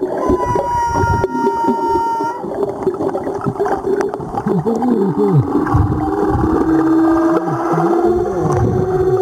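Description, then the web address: Humpback whale song fragment, a steady tonal whistle followed by short grunting pulses and a long rising moan amid dense underwater crackle. Recorded 17 April 2022. "2022 04 17 jubarte"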